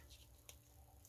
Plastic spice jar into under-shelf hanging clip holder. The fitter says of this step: It fits right in there too, but they just snap right in here,